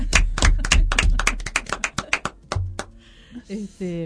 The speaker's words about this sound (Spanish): Un aplauso. Un aplauso.